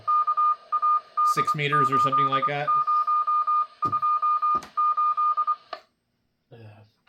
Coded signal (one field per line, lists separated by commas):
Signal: Morse code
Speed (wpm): 24 wpm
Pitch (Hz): 1220 Hz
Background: speech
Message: KAD8028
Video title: SOME HAM RADIO STUFF I FOUND AT THRIFT STORE